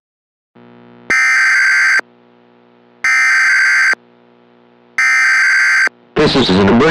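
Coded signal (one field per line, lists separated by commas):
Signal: Emergency Alert System (SAME) tones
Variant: header bursts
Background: speech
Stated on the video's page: Fictional EAS scenario, not a real alert.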